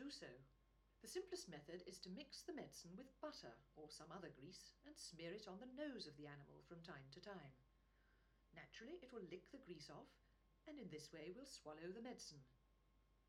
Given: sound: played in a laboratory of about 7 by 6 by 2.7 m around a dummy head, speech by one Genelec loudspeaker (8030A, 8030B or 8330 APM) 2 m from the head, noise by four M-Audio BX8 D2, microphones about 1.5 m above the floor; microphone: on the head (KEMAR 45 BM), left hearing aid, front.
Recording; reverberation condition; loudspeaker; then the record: female speech in English; low; 90 degrees to the left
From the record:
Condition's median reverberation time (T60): about 310 ms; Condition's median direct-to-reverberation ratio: about 3.5 dB